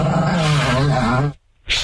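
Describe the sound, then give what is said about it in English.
A dog gives a long, loud, low rumbling growl for over a second, falls silent briefly, then lets out a sharp, harsh bark. “Listen to that dog.”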